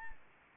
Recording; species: mosquito wingbeat signal from an infrared sensor; Anopheles arabiensis